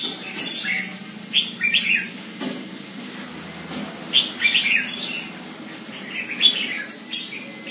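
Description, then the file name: Red-whiskered bulbul repeating short cheery warbled phrases at intervals. "Pycnonotus jocosus"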